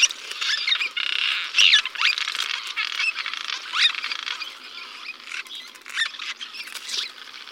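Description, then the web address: Cliff swallows calling: a dense, continuous squeaky chatter, with sharper rising notes standing out now and then. Chicago region. "Birds of the Chicago Region. Cliff Swallow"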